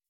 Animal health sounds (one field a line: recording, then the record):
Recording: hydrophone in a shrimp aquaculture tank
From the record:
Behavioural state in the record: weakened